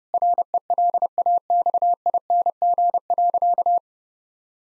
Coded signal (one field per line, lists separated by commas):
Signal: Morse code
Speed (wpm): 30 wpm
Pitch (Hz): 700 Hz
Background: none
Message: RELAXING.